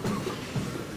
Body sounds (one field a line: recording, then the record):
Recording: coughing mixed with background sound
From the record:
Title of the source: Mid-morning Winter Coughing Fit